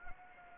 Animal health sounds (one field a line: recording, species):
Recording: mosquito wingbeat signal from an infrared sensor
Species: Anopheles gambiae